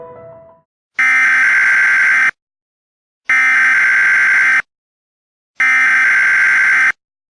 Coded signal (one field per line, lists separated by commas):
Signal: Emergency Alert System (SAME) tones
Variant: header bursts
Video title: EAS Scenario - The Virus of Nazi Element (MY FIRST EVER SCENARIO, FEEDBACK IS APPRECIATED)